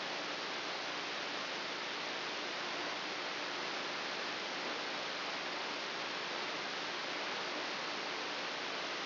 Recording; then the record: brain microelectrode recording played as sound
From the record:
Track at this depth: inside the subthalamic nucleus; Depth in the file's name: 2.404 mm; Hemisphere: right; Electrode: 3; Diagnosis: Parkinson's disease